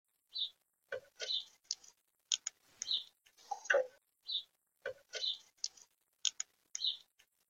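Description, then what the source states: Bird calls: short, sharp chirps around the upper-mid range, given in irregular bursts, mixed with dry clicking and tapping noises throughout. Recorded by a Birdfy by Netvue smart bird feeder camera.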